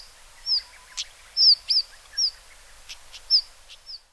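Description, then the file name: Siberian stonechat calls: high, falling whistles and sharp ticking clicks in a rapid, irregular series, over light background noise. Recorded in Nagano on 20 June 2007. "nobitaki 2 nagano kaji"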